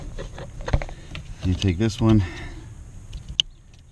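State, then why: Seated. On a 2015 Challenger Scat Pack, a seat wiring harness connector is pushed into its mating plug while someone talks, with small handling taps and rustles before and after. A sharp click at 3.4 seconds confirms the connector is seated.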